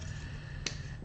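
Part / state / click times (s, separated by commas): clamp-on current transformer onto HVAC wiring / seated / 0.7 s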